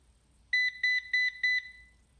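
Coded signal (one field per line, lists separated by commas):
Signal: beep code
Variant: Ecovacs DEEBOT robot vacuum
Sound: four short high-pitched electronic beeps in quick even succession, then silence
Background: quiet room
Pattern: 4 short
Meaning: Error signal after docking, possibly a battery problem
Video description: Every time it would dock after vacuuming, it would wait about 1 minute then start beeping. It would beep 4 times, wait a few seconds, then beep another 4 times, repeating the process a total of 5 times.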